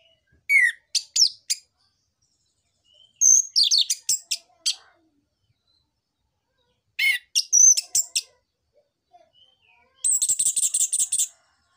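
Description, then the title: Orange-headed thrush song in separate bursts of mixed squeaky, chattering notes with pauses between, ending in a fast, even run of high notes. Orange-headed thrush (anis merah) in active song (gacor) with dense song material (isian rapat); used as a lure (pancingan, pikat) and tutor recording (masteran) for young spotted birds (trotol). "PANCINGAN Anis Merah Gacor Materi Isian Rapat Cocok Untuk MASTERAN Anis Merah TROTOL"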